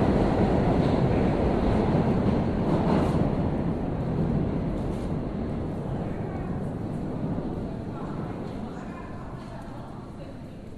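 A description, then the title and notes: A subway train runs between Clark Street and Atlantic Avenue in Brooklyn, a dense, steady low rumble with rattling and clatter throughout. Brief brighter squeals rise around three seconds and again near nine seconds, while the roar slowly fades over the eleven seconds. Recorded by Dan Bodah on the 3 train between Clark Street and Atlantic Avenue in Brooklyn, NY, Summer 2008.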